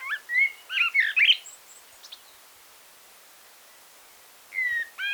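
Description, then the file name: Common blackbird with a quick burst of warbling, twittering notes early on, a long quiet gap, then a fresh fluty phrase starting near the end. "Turdus merula"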